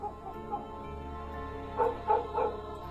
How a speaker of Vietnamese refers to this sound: Văng vẳng ở đậu chợ, có tiếng chó cắn ma nhấm nha nhấm nhặng, nghe đến sốt cả ruột.